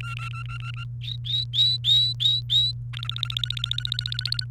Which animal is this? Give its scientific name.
Serinus canaria